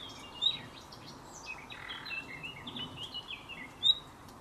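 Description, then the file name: Common nightingale song: a continuous string of varied high whistles, slurs and short trills, with two sharper accented notes near the beginning and end. "Luscinia megarhynchos"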